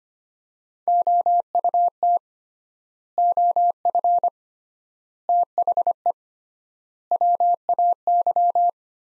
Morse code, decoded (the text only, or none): OUT OF THE WAY